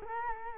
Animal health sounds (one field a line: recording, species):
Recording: mosquito wingbeat signal from an infrared sensor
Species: Culex quinquefasciatus